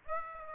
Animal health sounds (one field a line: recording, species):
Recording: mosquito wingbeat signal from an infrared sensor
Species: Aedes aegypti